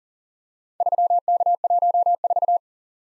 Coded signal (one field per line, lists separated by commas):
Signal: Morse code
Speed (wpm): 41 wpm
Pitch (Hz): 700 Hz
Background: none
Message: 3K14